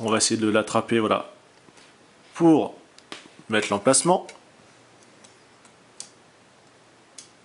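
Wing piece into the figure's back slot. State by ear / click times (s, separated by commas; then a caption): seated / 6.0 s. Someone talks while fitting the wing piece of a die-cast metal robot figure into the mounting slot on its back. A sharp tick at 6.0 s marks the piece locking into its slot, where it seats fairly well and holds.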